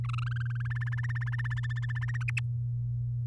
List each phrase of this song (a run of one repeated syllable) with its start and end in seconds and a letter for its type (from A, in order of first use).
0.04-0.73 A, 0.75-2.23 B, 2.28-2.40 C